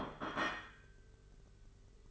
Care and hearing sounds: daily activity, microphone in the room; place plate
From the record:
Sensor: 4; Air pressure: 991.7 hPa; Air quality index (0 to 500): 125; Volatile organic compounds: 34 ppm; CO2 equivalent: 3038 ppm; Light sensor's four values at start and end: 19/64/24/24 and 19/64/24/24

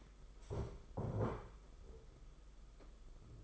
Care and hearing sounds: daily activity, microphone in the room; stand up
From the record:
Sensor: 5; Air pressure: 991.8 hPa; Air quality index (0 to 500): 144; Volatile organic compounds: 142 ppm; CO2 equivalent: 3988 ppm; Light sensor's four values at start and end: 32/108/40/43 and 32/108/40/43

